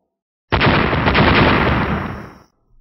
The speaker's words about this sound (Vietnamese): Từng tiếng nổ lớn không ngừng vang lên khủng khiếp.